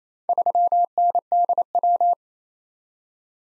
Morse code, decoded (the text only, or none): 3NDW